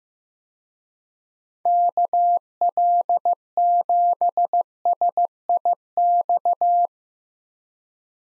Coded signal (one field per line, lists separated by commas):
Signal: Morse code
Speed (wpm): 15 wpm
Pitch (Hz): 700 Hz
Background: none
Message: KL7SIX